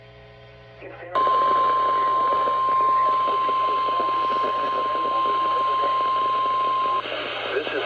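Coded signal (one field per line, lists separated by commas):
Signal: Emergency Alert System (SAME) tones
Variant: 1050 Hz attention tone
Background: speech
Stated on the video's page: Relayed EAS tests, some failed, one with no attention tone.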